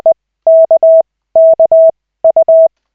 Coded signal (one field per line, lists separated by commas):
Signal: Morse code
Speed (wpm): 20 wpm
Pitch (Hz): 650 Hz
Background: none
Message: E K K U